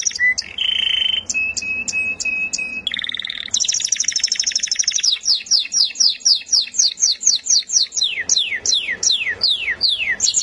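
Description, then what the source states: Canary song mixing low trills and steady whistles, a rapid buzzy rattle, then a long run of fast descending whistled slurs. Champion singing canary.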